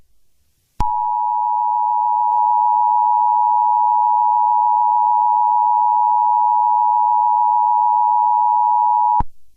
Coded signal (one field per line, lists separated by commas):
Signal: Emergency Alert System (SAME) tones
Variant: 853 and 960 Hz attention tone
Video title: EAS Scenario reupload - chinese american war